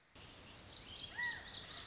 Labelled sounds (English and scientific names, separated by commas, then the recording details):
Lazuli Bunting (Passerina amoena)
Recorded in Sonoma County, California